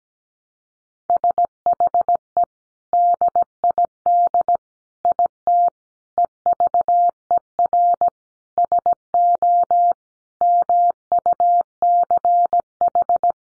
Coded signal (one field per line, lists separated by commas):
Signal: Morse code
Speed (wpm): 17 wpm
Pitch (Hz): 700 Hz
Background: none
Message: SHE DID IT EVER SO MUCH